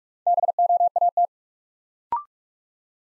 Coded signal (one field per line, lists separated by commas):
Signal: Morse code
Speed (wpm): 44 wpm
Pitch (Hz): 700 Hz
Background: none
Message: BOAT